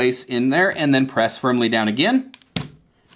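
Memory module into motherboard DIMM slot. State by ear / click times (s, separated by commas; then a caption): seated / 2.6 s. Someone talks while a second DDR4 memory stick is pressed firmly down into a motherboard DIMM slot. A sharp, loud click at 2.6 s marks the retaining clips snapping closed, and the module is seated.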